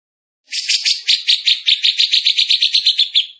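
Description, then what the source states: Bird giving a short rattling trill of even, buzzy notes, fading out at the end. Bird singing energetically (gacor), used for masteran training, Indonesia.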